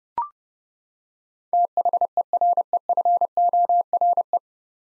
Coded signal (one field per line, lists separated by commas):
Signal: Morse code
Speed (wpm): 28 wpm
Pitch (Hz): 700 Hz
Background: none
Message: THEREFORE